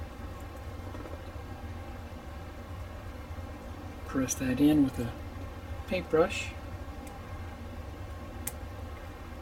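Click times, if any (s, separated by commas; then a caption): 8.5 s. A small plastic fog light is pressed with a paintbrush into the underside of the front bodywork of an Agora Models Shelby GT500 Super Snake scale model car. Someone talks over a low steady hum, then a single sharp click at 8.5 s marks the fog light snapping into place. It is seated.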